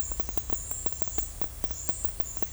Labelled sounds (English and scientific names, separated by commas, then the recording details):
none
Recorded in dense forest near Puerto Asís, Putumayo, Colombia, on 19 February 2024 at 12:00
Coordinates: 0.487, -76.319
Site G6403